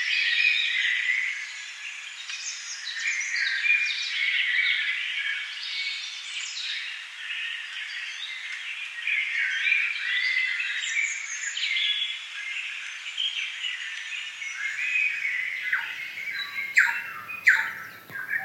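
A forest soundscape filled with a dense, steady chorus of overlapping chirps and calls, mostly high and bright with nothing in the low range. Near the end, around fifteen seconds, sharper clicks and snaps break through and the chorus thins slightly.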